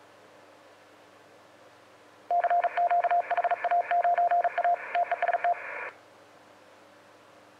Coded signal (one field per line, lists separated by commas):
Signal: Morse code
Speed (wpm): 39 wpm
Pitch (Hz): 700 Hz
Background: radio noise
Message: CQ HA9A TEST